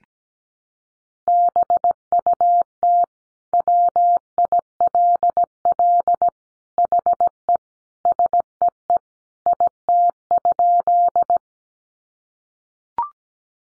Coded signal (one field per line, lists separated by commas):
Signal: Morse code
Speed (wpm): 17 wpm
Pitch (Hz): 700 Hz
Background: none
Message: BUT WILL HE SEE IT?